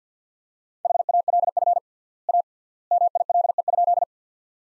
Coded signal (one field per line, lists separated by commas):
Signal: Morse code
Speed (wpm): 50 wpm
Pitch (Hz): 700 Hz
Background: none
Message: HALF A MILE?